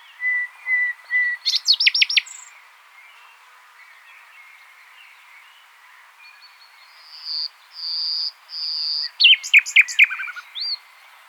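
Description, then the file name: Common nightingale song: three pure whistles, then a burst of sharp rapid notes; after a pause, three sustained high whistles and another rapid burst of sharp notes. "Luscinia megarhynchos"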